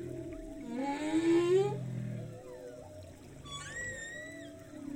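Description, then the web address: Humpback whale calling: a rising, strained moan with buzzy overtones, low rumbles, then a cluster of high whistled notes near the end. Binaural ocean sound, heard first above the water surface and then below it. "3 D-Binaural Audio - the future of audio Ocean - Humpback whale"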